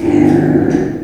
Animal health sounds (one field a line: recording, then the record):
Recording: squeal of a Yucatan mini pig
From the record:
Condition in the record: before surgery on the right vocal fold (resection and tissue-engineered implant)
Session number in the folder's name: 3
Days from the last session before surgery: 0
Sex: female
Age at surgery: 19 weeks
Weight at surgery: 25 kg